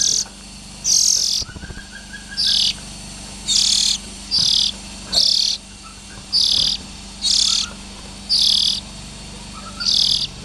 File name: Tieng chim chich choe than non